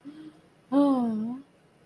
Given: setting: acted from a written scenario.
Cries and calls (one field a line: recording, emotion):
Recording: vocal sound without words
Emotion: romantic love